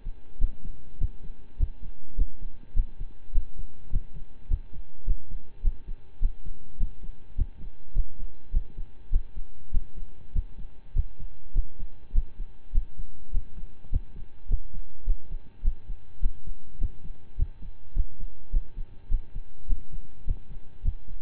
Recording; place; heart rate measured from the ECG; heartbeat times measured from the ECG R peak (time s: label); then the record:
heart sounds by stethoscope; between the tricuspid and mitral areas; 103 bpm
0.38 s: heartbeat
0.98 s: heartbeat
1.57 s: heartbeat
2.15 s: heartbeat
2.74 s: heartbeat
3.32 s: heartbeat
3.90 s: heartbeat
4.48 s: heartbeat
5.05 s: heartbeat
5.62 s: heartbeat
6.19 s: heartbeat
6.77 s: heartbeat
7.35 s: heartbeat
7.93 s: heartbeat
8.51 s: heartbeat
9.10 s: heartbeat
9.71 s: heartbeat
10.32 s: heartbeat
10.93 s: heartbeat
11.53 s: heartbeat
12.12 s: heartbeat
12.72 s: heartbeat
13.31 s: heartbeat
13.90 s: heartbeat
14.47 s: heartbeat
15.04 s: heartbeat
15.62 s: heartbeat
16.20 s: heartbeat
16.78 s: heartbeat
17.36 s: heartbeat
17.93 s: heartbeat
18.51 s: heartbeat
19.09 s: heartbeat
19.67 s: heartbeat
20.25 s: heartbeat
20.82 s: heartbeat
From the record:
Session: slow and fast walking with breaks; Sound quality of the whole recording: saturated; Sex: male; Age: 25 years